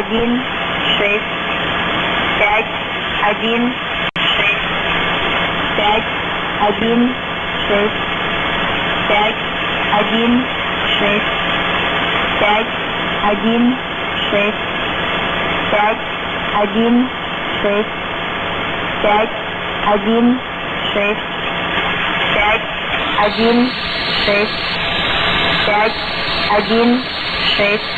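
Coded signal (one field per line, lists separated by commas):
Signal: numbers station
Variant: S06s, Russian female voice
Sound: woman's voice in Russian repeating the digits one, six, five over and over, evenly paced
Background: radio static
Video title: 03 08 2018 S06s Russian Lady numbers station in Russian to Eu 0941 on 9655 unknown tx site USB+AM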